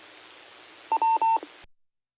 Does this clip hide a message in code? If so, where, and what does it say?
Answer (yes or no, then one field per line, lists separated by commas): no